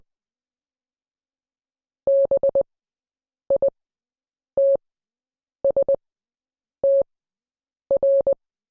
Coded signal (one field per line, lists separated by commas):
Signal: Morse code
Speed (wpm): 20 wpm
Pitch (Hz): 550 Hz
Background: none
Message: BITSTR